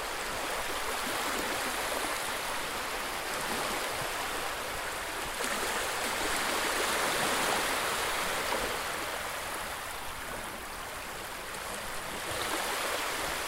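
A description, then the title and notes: Gentle sea water washes steadily toward shore, a dense bright hiss of fizzing foam that swells slightly midway, then eases again. Gentle Sea Waves. Quiet sounds of water coming to shore.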